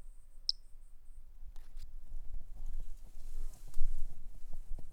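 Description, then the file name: Toadlet call: one very short, high, sharp chirp-like note early on, followed by low rumbling and soft rustling noises. A single individual, numbered 08, not collected, recorded on 10 March 2016. "Brachycephalus tridactylus individual 08 not collected 160310"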